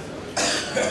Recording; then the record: coughing mixed with background sound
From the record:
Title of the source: Wet Throat Infection Cough